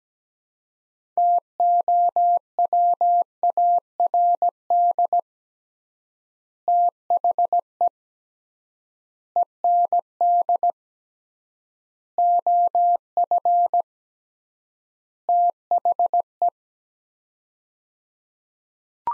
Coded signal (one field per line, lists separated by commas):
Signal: Morse code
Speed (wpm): 17 wpm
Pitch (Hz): 700 Hz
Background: none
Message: TOWARD THE END OF THE